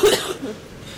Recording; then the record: coughing mixed with background sound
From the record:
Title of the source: 30 Chesty and wet cough